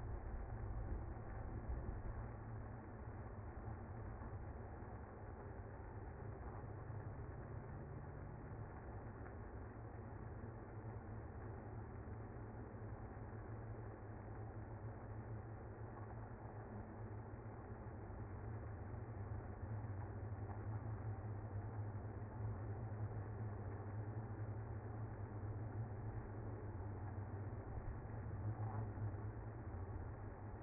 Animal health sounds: honeybee colony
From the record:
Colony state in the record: active

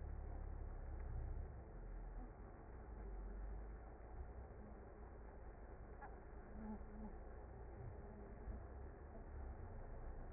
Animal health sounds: honeybee colony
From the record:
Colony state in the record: active

